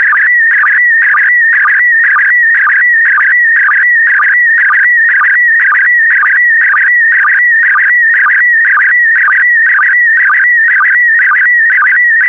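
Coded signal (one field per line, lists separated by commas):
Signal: SSTV (slow-scan television)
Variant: PD120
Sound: warbling, chirpy tone sweeping up and down, with a steady rhythmic ticking about twice a second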